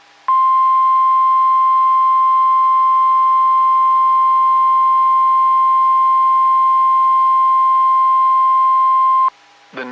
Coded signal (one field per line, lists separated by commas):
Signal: Emergency Alert System (SAME) tones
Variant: 1050 Hz attention tone